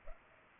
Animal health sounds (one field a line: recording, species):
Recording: mosquito wingbeat signal from an infrared sensor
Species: Culex pipiens